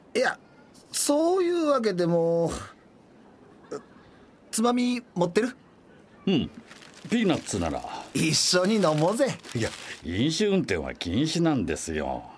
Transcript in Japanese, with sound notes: いや、そういうワケでも…、ツマミもってる？
うん、ピーナッツなら。 （紙袋ゴソゴソ）
一緒に飲もうぜ。
飲酒運転は禁止なんですよ。